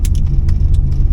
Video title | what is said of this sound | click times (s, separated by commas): Test Drive 1972 Chevrolet Camaro RS SOLD $32,900 Maple Motors #2003 | clicks weird, but it's in there. You don't feel a solid click from it, it just holds on. But it's working, | 0.0 s